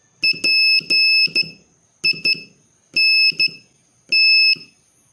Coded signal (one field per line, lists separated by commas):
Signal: Morse code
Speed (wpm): 13 wpm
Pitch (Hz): 2600 Hz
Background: none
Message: PINT